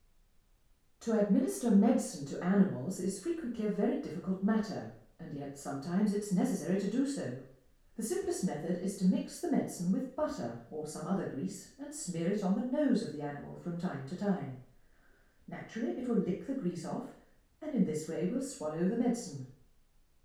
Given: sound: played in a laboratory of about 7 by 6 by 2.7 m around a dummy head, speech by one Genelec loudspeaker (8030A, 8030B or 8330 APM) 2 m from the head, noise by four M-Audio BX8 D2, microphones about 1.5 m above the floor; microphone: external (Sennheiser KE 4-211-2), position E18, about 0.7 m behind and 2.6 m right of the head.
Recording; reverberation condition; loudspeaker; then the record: female speech in English; medium; 60 degrees to the right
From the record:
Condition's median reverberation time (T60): about 510 ms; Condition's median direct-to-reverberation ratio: about -0.5 dB